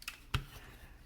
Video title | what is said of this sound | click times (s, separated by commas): Studio Series 86 Dinobot GRIMLOCK & AUTOBOT WHEELIE Transformers Leader Class Review by Rodimusbill | first so you just want to fold these hands in until they click | 0.4 s